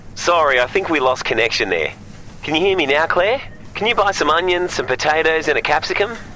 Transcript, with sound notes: Sorry, I think we lost connection there. Can you hear me now, Claire? (speaking fast) Can you buy some onions, some potatoes and a capsicum?